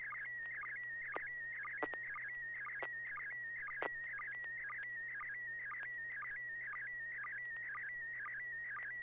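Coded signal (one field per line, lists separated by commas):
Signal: SSTV (slow-scan television)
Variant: PD120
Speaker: okay let's give it a try Piggy 120.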